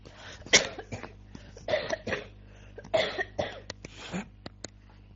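A speaker giving a Buddhist Dharma talk coughs: a run of harsh, raspy coughs in irregular bursts, several loud hacking fits with short pauses between them, followed by a few softer throat-clearing coughs.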